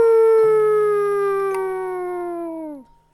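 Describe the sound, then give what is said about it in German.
A person imitates a wolf's howl at night: one long, loud, sustained wail that slowly glides downward in pitch before cutting off, with a lower steady tone joining just after it begins. “Nachts begann er zu heulen wie ein Wolf.”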